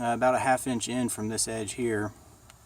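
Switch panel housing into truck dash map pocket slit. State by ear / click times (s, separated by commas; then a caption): not seated / none. A plastic switch panel housing for an OBS Ford truck dash is handled next to the map pocket, where a slit cut across the top will hold it. Someone talks, and after the speech two faint short ticks are heard near the end. Nothing has seated or clicked yet.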